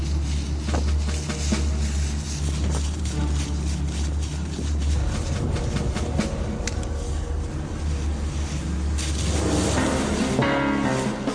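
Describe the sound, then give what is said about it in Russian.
A stuck car spins its wheels, the engine droning in a steady, straining hum beneath continuous gritty, hissing noise that swells and surges without a break. “Примерно через 2 километра они услышали звуки буксующей машины.”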